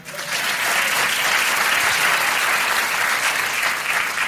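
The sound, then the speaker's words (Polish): An audience applauds steadily as jurors are introduced at the Talenty Trójki awards, a dense wash of many hands clapping at an even, sustained loudness for about four seconds, with no voices standing out. “Dobrze mówiłeś, że będzie dużo klasków dzisiaj.”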